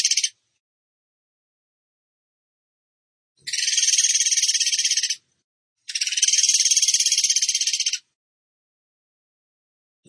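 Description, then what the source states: Bird song: sustained high rattling trills of fast pulses, roughly two seconds each, spaced by silent gaps. Bird training (masteran) song in the gacor tembakan style.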